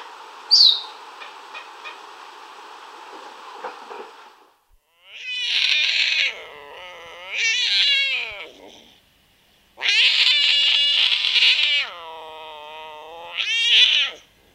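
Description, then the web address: Puma caterwauling, with long strained cries in four bursts of about one to two seconds, after a softer rough opening sound. Rainforest in South America. "Natures Songs S America Mammals of the Rainforest Puma"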